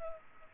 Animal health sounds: mosquito wingbeat signal from an infrared sensor; Culex pipiens

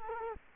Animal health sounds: mosquito wingbeat signal from an infrared sensor; Culex quinquefasciatus

